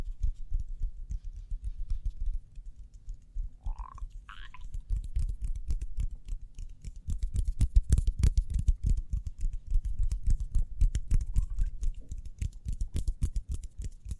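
Quick hand sounds form a dense, uneven run of soft taps and rubs, with a brief rising squeak near four seconds and steady low rumble.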